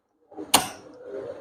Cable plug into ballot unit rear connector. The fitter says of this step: connect ചെയ്യുമ്പോൾ ആ proper connection കണ്ടില്ലേ, ആ ക്ലിക്ക് ശബ്ദം, അതേപോലെ തന്നെ